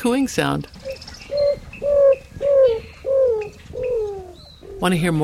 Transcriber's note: Greater Roadrunner song